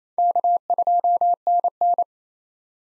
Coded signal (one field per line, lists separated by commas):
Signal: Morse code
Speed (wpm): 28 wpm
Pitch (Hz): 700 Hz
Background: none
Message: K2NN